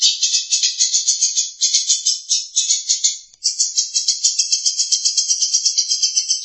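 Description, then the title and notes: Long-tailed Shrike making a long, grating rattle of rapid pulses, broken by a brief pause midway, then continuing steadily. "Pentet 201703. Suara burung pentet"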